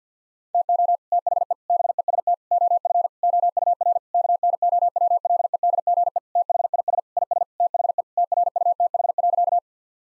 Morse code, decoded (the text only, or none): TO THE BEST OF OUR KNOWLEDGE THIS IS THE TRUTH.